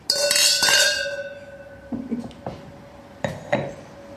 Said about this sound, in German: Lass uns anstoßen.